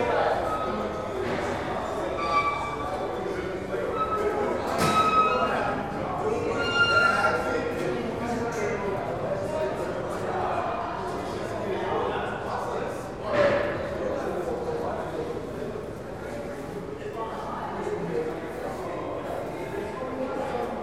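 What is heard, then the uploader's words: A crowd moves through a cavernous subway platform, many voices overlapping in a steady murmur that fills the space. Short bright clinks and squeals cut through around five and seven seconds, and a sharper clatter rises near thirteen seconds before the chatter settles back. Inside the cavernous main platform of the Broadway Junction with a dense array of sounds filling the stereo field. As crowds of people pass by, the most prominent noises are coming from the three story escalators around the corner, creaking and groaning like a cross between an injured flamingo and a tuba sample.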